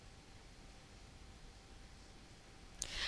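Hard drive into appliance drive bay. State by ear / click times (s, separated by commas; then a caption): seated / 2.8 s. A replacement hard drive is pushed back into the drive bay of an ActivID or FT2011 rack hardware appliance. After about 2.8 seconds of quiet, low background noise, a single sharp click sounds at 2.8 s, followed by brief broadband rustling. The drive is seated in the bay.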